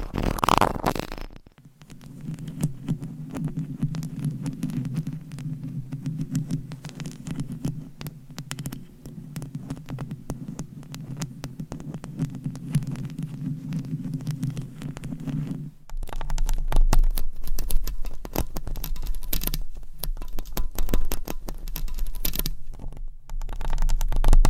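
Mic scratching and tapping, a dense run of quick thumps and scrapes over a low, muffled rumble. Around the sixteen-second mark the texture shifts: the rumble drops lower and sharper, crisper scratches take over until the end.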